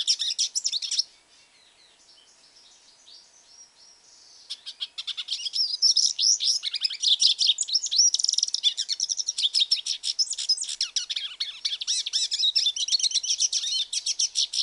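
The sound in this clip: Hooded siskin song: a short burst of twitter, a few seconds of near silence, then a sustained rapid warbling of high chirps and buzzy trills.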